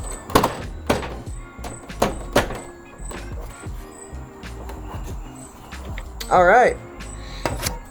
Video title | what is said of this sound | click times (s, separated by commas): How to COMPLETELY DISASSEMBLE & CLEAN Midea U Shape AC! | it's all clipped into place once again. | 0.4 s, 0.9 s, 2.0 s, 6.2 s